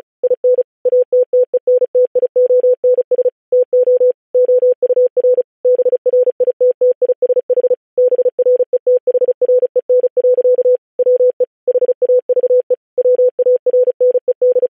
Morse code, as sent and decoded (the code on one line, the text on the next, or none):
.. -. / .- - - . -. - .. --- -. ... / - --- / --- ..- .-. / -... .-. .. - - .. ... .... / -... .-. . - .... .-. . -. .-.-.- / .-- . / .... .- ...- . / .-- .- .-. -. . -..
IN ATTENTIONS TO OUR BRITTISH BRETHREN. WE HAVE WARNED